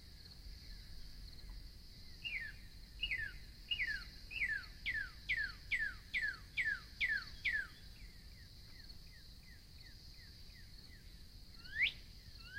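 Northern cardinal whistles a long series of repeated downslurred notes about twice a second, growing softer toward the end, then a louder note near the close, with steady background hiss.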